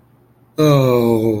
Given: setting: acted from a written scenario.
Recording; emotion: vocal sound without words; sympathy